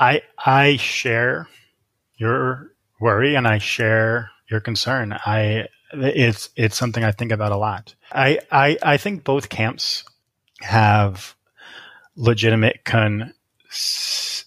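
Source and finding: Adult man speaking. Stuttering.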